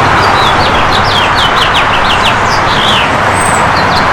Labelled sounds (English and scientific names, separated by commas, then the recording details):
House Finch (Haemorhous mexicanus) song
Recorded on Long Island, New York, on 14 June 2012
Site GL
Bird D